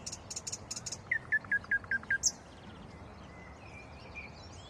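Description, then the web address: Common nightingale song: high piping notes, then a run of six loud repeated whistled notes and a sharp high flourish, faint chirping after. "rossignol ordinaire chant du rossignol"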